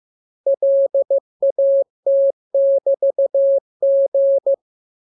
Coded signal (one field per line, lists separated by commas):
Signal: Morse code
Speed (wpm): 15 wpm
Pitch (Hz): 550 Hz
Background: none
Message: LAT<BT>G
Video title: Learning Morse Code. Lesson 40. Letter KMURESNAPTLWI.JZ=FOY,VG5/Q92H38B?47C1D60X